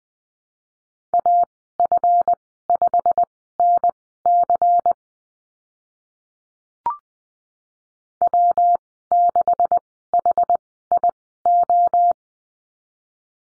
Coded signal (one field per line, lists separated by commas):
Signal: Morse code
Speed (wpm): 20 wpm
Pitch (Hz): 700 Hz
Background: none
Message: AF5NC W6HIO